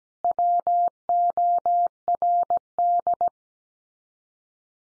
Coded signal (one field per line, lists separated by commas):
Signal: Morse code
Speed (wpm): 17 wpm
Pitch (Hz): 700 Hz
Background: none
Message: WORD